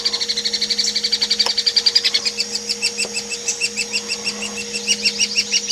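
Hairy woodpecker calls: a rapid series of sharp notes that becomes uneven and slower toward the end, over a constant hum.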